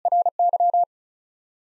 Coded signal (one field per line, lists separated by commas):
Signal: Morse code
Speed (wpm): 36 wpm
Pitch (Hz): 700 Hz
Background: none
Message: RY